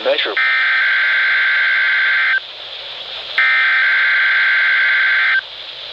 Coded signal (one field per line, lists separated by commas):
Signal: Emergency Alert System (SAME) tones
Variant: header bursts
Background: speech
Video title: 8/18/2021 | Live Voice RWT on Wireless KXI94 [EAS #563]